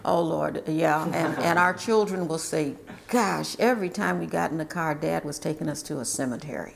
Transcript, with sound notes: Lord. Yeah. [LAUGHTER] Our children will say, ''Gosh, every time we got in a car dad was taking us to a cemetery."